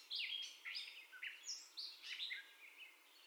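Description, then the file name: Gray catbird song, a quick sequence of slurred whistles and squeaky notes, each phrase different from the last. First song of the gray catbird, recorded on 30 May 2021. "2021-05-30 Catbird First Song"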